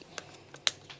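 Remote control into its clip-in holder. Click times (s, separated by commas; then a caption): 0.7 s. The remote control for an Actor Boat Plus bait boat is clipped into its holder after a release button is pressed. A few faint taps come before one sharp, loud click at 0.7 s, and a softer tap follows. The remote seats in the holder and no longer moves once let go.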